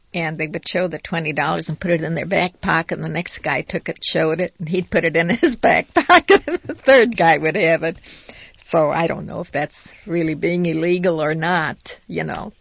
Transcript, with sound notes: and they would show the twenty dollars and put it in their back pocket and the next guy took it and showed it and he'd put it in his back pocket ( she laughs ) and the third guy would have it. So I don't know if that's really being illegal or not, you know.